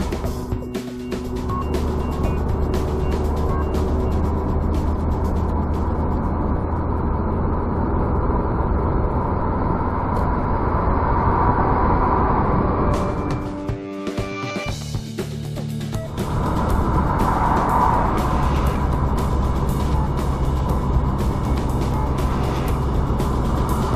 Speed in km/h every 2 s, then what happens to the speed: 78, 79, 81, 85, 89, 90, 91, 92, 91, 88, 87, 87.
0-10 speeds up to 90. 10-24 steady at about 90.